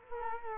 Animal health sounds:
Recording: mosquito wingbeat signal from an infrared sensor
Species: Culex quinquefasciatus

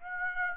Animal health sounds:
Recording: mosquito wingbeat signal from an infrared sensor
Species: Aedes aegypti

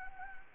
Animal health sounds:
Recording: mosquito wingbeat signal from an infrared sensor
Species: Anopheles gambiae

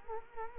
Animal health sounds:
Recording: mosquito wingbeat signal from an infrared sensor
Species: Culex quinquefasciatus

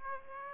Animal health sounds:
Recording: mosquito wingbeat signal from an infrared sensor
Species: Aedes aegypti

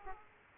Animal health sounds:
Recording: mosquito wingbeat signal from an infrared sensor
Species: Aedes aegypti

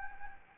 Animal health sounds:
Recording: mosquito wingbeat signal from an infrared sensor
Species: Anopheles gambiae

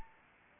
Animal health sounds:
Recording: mosquito wingbeat signal from an infrared sensor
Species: Anopheles arabiensis

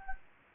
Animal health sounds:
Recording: mosquito wingbeat signal from an infrared sensor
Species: Anopheles gambiae

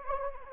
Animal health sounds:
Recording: mosquito wingbeat signal from an infrared sensor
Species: Anopheles gambiae

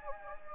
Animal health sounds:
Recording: mosquito wingbeat signal from an infrared sensor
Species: Anopheles gambiae

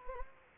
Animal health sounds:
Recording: mosquito wingbeat signal from an infrared sensor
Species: Anopheles gambiae

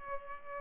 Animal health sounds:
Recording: mosquito wingbeat signal from an infrared sensor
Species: Culex pipiens

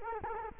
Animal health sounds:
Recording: mosquito wingbeat signal from an infrared sensor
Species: Culex quinquefasciatus

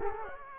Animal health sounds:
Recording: mosquito wingbeat signal from an infrared sensor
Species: Culex quinquefasciatus

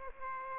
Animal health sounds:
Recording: mosquito wingbeat signal from an infrared sensor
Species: Aedes aegypti

